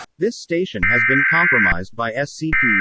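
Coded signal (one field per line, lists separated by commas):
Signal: Emergency Alert System (SAME) tones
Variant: header bursts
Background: speech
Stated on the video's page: Fictional EAS scenario based on SCP-001, a horror recreation.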